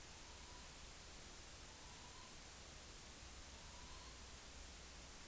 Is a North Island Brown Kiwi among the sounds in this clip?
no